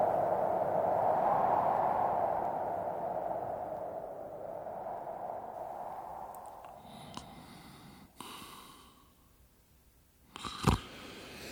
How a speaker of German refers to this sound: Mein Gott, Sie schnarchen ja. Was ist los? Ich habe gesagt, Sie schnarchen.